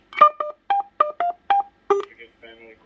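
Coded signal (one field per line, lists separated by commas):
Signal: roger beep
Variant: custom CB roger beep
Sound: quick melodic run of about eight short beeps, some two-tone, fading at end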